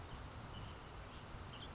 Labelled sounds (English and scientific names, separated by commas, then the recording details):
Western Tanager (Piranga ludoviciana)
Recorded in Sonoma County, California